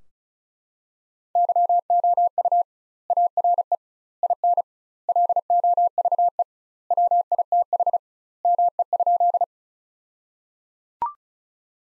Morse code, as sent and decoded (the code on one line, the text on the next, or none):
-.-- --- ..- / .- .-. . / .. -. / .-.. --- ...- . / .-- .. - .... / -- . ..--..
YOU ARE IN LOVE WITH ME?